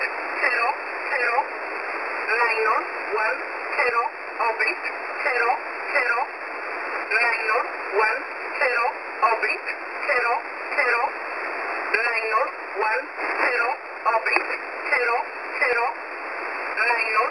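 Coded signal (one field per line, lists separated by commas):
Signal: numbers station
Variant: E11 Oblique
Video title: E11 Oblique 02/12/2023 1430 UTC 13363kHz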